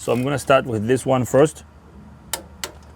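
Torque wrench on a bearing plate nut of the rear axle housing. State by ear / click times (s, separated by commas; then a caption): torque reached / 2.3 s, 2.6 s. A torque wrench set to 41 ft-lb tightens the bearing plate nuts on the rear axle housing of a Nissan Xterra, worked in a crisscross pattern during a rear hub seal and bearing replacement. Someone talks for the first 1.5 seconds, then two sharp clicks ring out at 2.3 and 2.6 seconds as the wrench clicks at its setting.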